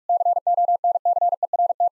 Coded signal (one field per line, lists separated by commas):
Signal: Morse code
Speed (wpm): 48 wpm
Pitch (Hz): 700 Hz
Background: none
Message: CONCERT